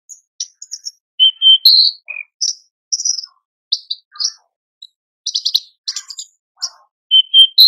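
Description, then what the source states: Horsfield's bush lark singing a busy medley of high chirps, buzzy trills and clear whistled notes, with phrases tumbling quickly one after another. Masteran for training cage birds; a very active, vigorous singer.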